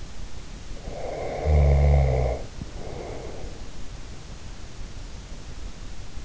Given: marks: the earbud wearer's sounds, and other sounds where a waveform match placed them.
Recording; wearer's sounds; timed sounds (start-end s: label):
sounds in sleep by an in-ear microphone; snoring breath
0.85-3.70 s: snoring breath